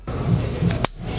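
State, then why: Seated. A steel piston pin retaining clip, with its top side already hooked in, is pushed the rest of the way into the groove in an aluminium piston's pin bore for an RB26 engine build. A faint metallic tick comes at 0.7 s, and then a sharp, bright snap at 0.9 s as the clip seats in its groove, leaving one clip installed.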